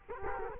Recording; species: mosquito wingbeat signal from an infrared sensor; Culex quinquefasciatus